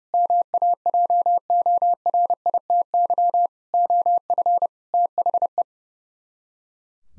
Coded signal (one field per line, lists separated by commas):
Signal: Morse code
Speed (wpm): 36 wpm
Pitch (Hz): 700 Hz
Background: none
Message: MAJORITY OF THE